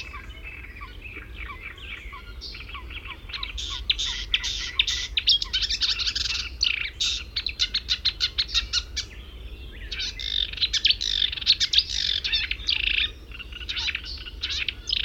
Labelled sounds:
Marsh Warbler (Acrocephalus palustris) song
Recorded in the wild
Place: Bad Kleinen, Mecklenburg-Vorpommern, DE
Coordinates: 53.771, 11.472
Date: 1972-06-14 07:20
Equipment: Nagra III BH, Sennheiser MD 21, parabola
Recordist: Schubert, Michael

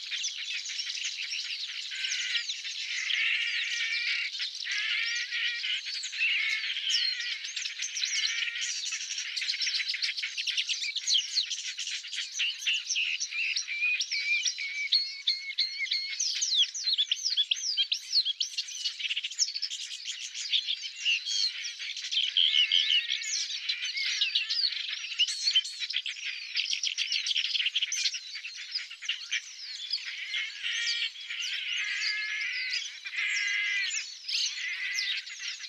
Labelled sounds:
Paddyfield Warbler (Acrocephalus agricola) song
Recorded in the wild
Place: Tengiz, KZ
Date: 2000-05-13
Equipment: MiniDisc Sharp MT 20 H
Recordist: Schwarz, Dieter
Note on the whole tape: Song

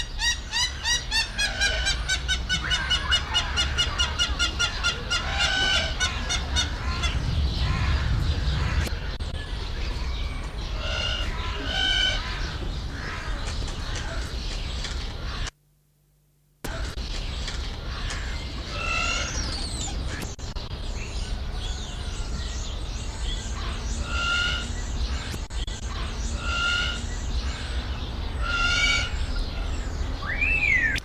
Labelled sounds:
Hamerkop (Scopus umbretta) call
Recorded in captivity
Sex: pair
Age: adult
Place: Zoo Berlin, Berlin, DE
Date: 1993-02-20
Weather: 3 °C, heiter bis wolkig, böiger Wind
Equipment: Marantz CP 430, Sennheiser ME 80, Kopie Uher Variocord 263
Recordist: Tembrock, Günter

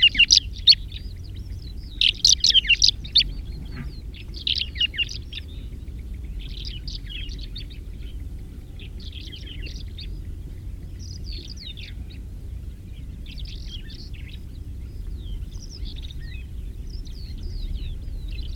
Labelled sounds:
Greater Short-toed Lark (Calandrella brachydactyla) song
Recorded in the wild
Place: Istria, Dobrogea, RO
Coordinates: 44.57, 28.713
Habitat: coast
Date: 1973-05-08
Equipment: Nagra III BH, Sennheiser MD 21, parabola
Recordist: Schubert, Michael
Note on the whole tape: Gesang Kurzzehenlerche

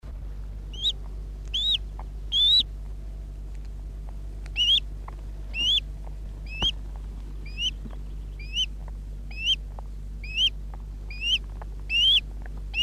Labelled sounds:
Common Crane (Grus grus) call
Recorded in the wild
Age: juvenile
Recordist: Meyer, Hugo

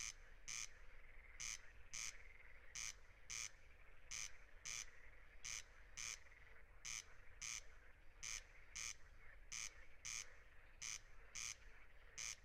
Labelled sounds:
Corn Crake (Crex crex) song
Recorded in the wild
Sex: male
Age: adult
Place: Schwedt/Oder, Nationalpark Unteres Odertal, Brandenburg, DE
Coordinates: 53.04, 14.2932
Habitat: meadow
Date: 2021-06-10 23:27
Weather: 15°C, 80% humidity, almost windless
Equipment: Edirol R44, Microtech Gefell MK 250/MV220
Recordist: Frommolt, Karl-Heinz

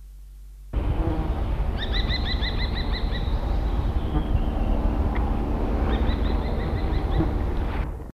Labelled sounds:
Eurasian Hobby (Falco subbuteo) call
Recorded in the wild
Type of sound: call
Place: Neustadt am Rübenberge, OT Schneeren, Niedersachsen, DE
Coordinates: 52.5345, 9.3289
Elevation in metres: 66
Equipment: Halbspur, 9,5 cm/s
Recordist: Lütgens, Hans
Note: Rufe

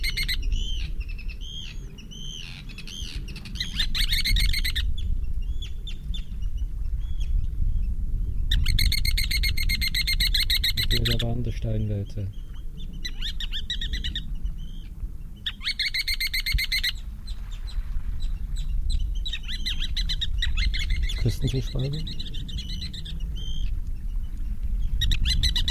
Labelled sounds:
Ruddy Turnstone (Arenaria interpres) call
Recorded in the wild
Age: juvenile
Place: Halbinsel Kindo, Karelien, RU
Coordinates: 66.5378, 33.1961
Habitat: seashore
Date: 1990-07-08
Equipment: Uher 4000 Report Monitor, Sennheiser MKH 416 T
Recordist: Frommolt, Karl-Heinz

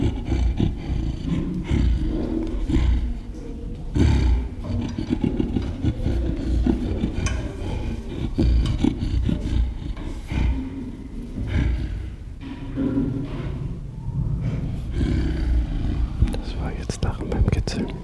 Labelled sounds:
Western Gorilla (Gorilla gorilla)
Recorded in captivity
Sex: female
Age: adult
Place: Zoo Rostock, Mecklenburg-Vorpommern, DE
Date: 1975-12-05 10:20
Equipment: Uher CR 210, Sennheiser MD 421, Verstärker, Kopie Unitra ZK 246
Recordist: Tembrock, Günter
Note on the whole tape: Adultes Weibchen Kontakt mit vertrauter Person (Fr. Dr. Linke) am Gitter, rhythmisches Bauchklatschen, "Lachen" durch Kitzeln

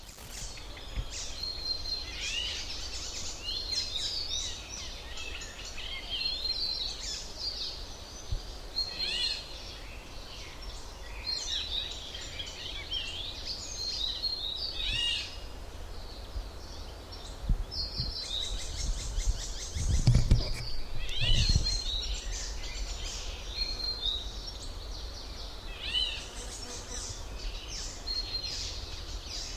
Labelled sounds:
Eurasian Golden Oriole (Oriolus oriolus)
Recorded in the wild
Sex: pair
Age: adult
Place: Falkenberger Rieselfelder, Barnim, Berlin, DE
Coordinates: 52.5822, 13.5472
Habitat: poplar copse
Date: 1991-06-25
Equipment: Uher 4000 Report Monitor, Sennheiser ME 80, K 30 AV, Original
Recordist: Frommolt, Karl-Heinz

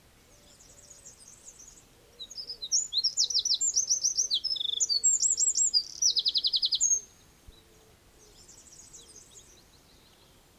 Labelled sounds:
Eurasian Wren (Troglodytes troglodytes) song
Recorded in the wild
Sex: male
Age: adult
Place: Bielefeld-Gadderbaum, Teutoburger Wald, Nordrhein-Westfalen, DE
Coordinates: 52.0147, 8.51
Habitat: park
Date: 1967-06-04
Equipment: Uher 4000 Report-S, Bändchenmikro Beyer M 260, Parabolspiegel Polyester (470 mm)
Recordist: Conrads, Klaus

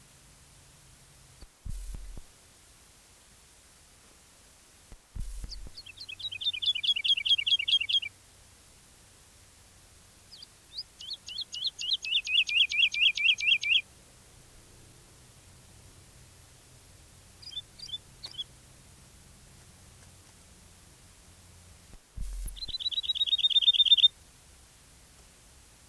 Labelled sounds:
Wood Lark (Lullula arborea)
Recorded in the wild
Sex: male
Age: adult
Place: Erlangen, Bayern, DE
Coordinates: 49.6028, 10.9819
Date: 1963-03-30
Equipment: Nagra, AKG D19/200, Original, Vollspur
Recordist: Tretzel, Erwin
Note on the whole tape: Möhrendorfer Straße: Heidelerche A (Fassung 19): Rufe und Gesang

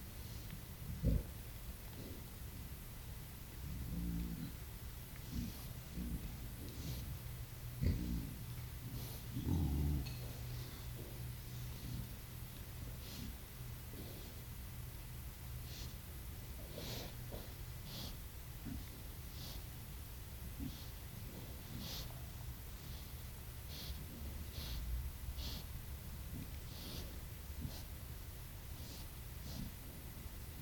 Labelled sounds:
Wild Boar (Sus scrofa) grunting
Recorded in the wild
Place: Serrahn, Mecklenburg-Vorpommern, DE
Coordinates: 53.67, 12.35
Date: 1969-05-10
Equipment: Nagra III BH, Sennheiser MD 421
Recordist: Schubert, Michael

